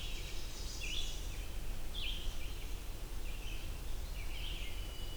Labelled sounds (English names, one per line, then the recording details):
Red-eyed Vireo song
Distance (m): 60 m
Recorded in boreal forest in Alberta, Canada, on 20 June 2016 at 07:19
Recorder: SongMeter 3, array SBT-6-81
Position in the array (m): 114 m, 154 m